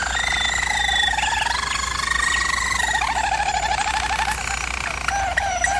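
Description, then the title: German Roller canary song, a steady rolling trill that drops in pitch and breaks into bubbling notes, with a faint hum. Canary training recording of singing. "German Roller Canary Singing - Canary Training Vid"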